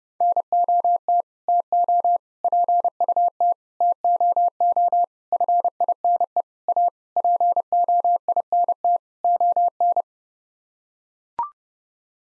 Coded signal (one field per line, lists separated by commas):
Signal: Morse code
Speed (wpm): 30 wpm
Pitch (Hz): 700 Hz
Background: none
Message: NOT TO PUT TOO FINE A POINT ON